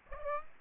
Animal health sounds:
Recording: mosquito wingbeat signal from an infrared sensor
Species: Aedes aegypti

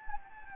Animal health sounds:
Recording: mosquito wingbeat signal from an infrared sensor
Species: Anopheles gambiae

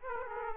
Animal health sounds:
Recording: mosquito wingbeat signal from an infrared sensor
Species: Aedes aegypti

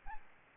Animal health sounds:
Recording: mosquito wingbeat signal from an infrared sensor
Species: Aedes albopictus

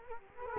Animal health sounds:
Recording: mosquito wingbeat signal from an infrared sensor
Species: Culex quinquefasciatus

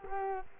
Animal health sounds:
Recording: mosquito wingbeat signal from an infrared sensor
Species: Culex quinquefasciatus

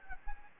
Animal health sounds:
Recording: mosquito wingbeat signal from an infrared sensor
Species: Anopheles gambiae

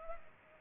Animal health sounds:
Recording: mosquito wingbeat signal from an infrared sensor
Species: Culex pipiens

